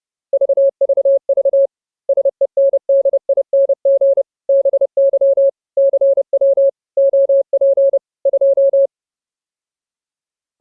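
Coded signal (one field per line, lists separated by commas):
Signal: Morse code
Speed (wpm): 30 wpm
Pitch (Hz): 550 Hz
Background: none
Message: VVV SENDING BY CW OP 2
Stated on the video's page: CW audio from multiple operators mixed on a Raspberry Pi hub and streamed over IP as MP3 for a multi-operator net.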